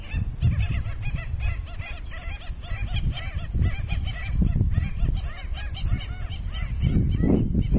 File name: canto do pernilongo de costas brancas